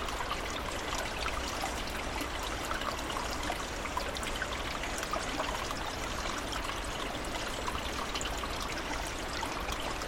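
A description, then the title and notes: A small stream runs across a trail, its water trickling and splashing in a steady, dense babble that never lets up. Bright little drips and gurgles dance over a soft low rush, with no other sounds breaking through. This recording is a small stream crossing the path of a trial heading out to Lake Serene. Something about the deep cut, yet very small (barely 6 inches wide) stream determined to make its way through the forest struck us both as lovely. Recording miscellany: Sound Devices 702 mid: MKH8020 side: MKH30.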